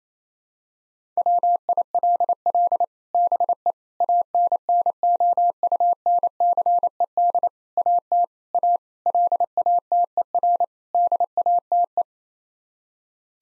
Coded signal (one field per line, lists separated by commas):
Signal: Morse code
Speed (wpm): 28 wpm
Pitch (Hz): 700 Hz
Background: none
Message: WILL BE ANNOUNCED AT A LATER DATE